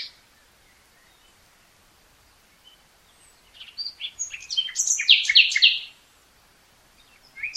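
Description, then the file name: Common nightingale singing one rich phrase after a quiet start, with rapid repeated notes building to a loud rattling climax, then a new phrase beginning. "Luscinia megarhynchos"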